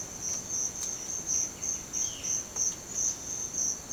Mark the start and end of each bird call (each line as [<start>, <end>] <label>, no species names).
[1.88, 2.37] bird call